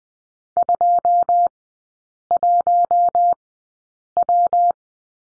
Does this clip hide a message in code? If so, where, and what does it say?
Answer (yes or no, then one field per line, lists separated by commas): yes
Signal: Morse code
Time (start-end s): 0.6-4.7 s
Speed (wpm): 20 wpm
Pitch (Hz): 700 Hz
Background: none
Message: 21W